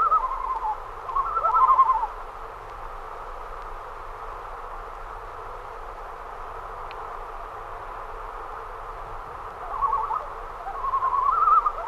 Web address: great northern loon